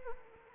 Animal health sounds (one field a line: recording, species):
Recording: mosquito wingbeat signal from an infrared sensor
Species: Anopheles arabiensis